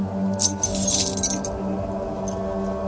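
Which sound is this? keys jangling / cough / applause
keys jangling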